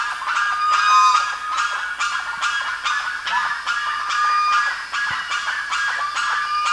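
Bird calls, nasal honking notes repeated in a steady uneven chorus from several birds, with a faint whistled tone at times.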